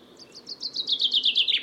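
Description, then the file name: Common chaffinch song phrase: a fast series of about a dozen sharp, downslurred notes, growing louder and slightly lower in pitch. "Fringilla coelebs"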